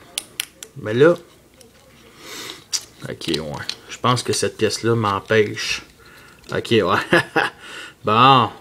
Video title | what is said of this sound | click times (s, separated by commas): Predaking Prime Voyager Class Review | Et c'est supposé, cette pièce-là ici, se clipser ici. Comme ça. | 0.2 s, 0.4 s